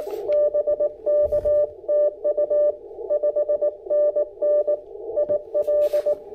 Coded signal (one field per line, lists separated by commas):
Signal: Morse code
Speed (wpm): 18 wpm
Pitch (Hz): 600 Hz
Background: none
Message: BKTU 5NN IL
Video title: Cabin POTA: Pairing the IC-705and MC-750 vertical at Gorges State Park!